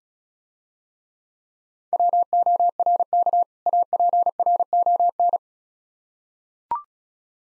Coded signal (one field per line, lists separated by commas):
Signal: Morse code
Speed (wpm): 36 wpm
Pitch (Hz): 700 Hz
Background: none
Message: WORK APRON